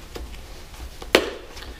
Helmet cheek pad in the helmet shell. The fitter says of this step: White snaps there's three white snaps here so they come out quite easily they